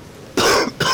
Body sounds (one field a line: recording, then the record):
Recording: coughing mixed with background sound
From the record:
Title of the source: Coughing 60